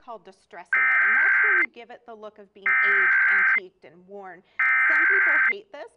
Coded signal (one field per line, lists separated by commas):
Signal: Emergency Alert System (SAME) tones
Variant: header bursts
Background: speech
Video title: Easy Guide to Painting Furniture